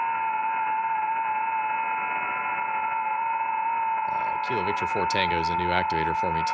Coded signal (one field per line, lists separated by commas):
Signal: FT8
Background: speech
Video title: Saturday Morning Ham Radio Live Stream AF0F 2025-07-26 14:50Z